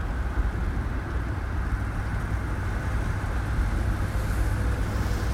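A car drives along with a steady, unbroken low rumble of engine and road noise, holding an even level throughout, with a faint airy hiss above it and no voices.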